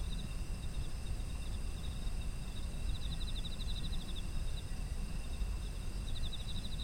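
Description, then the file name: Insect chorus: a long pulsed trill midway and another at the end, above a steady high-pitched hum and deep background rumble. Autumn insect ambient sound. "秋の虫の環境音"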